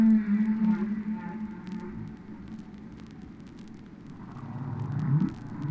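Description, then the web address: Whale song with low, drawn-out moaning tones that waver slightly, then a rising upsweep near the end, over a rough crackling background. "KU whales"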